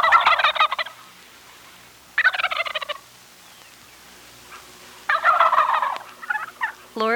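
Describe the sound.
Wild Turkey gobbling: three rattling gobbles, followed by a few short notes.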